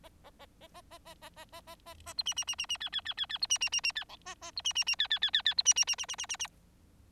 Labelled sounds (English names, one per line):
Bengalese Finch song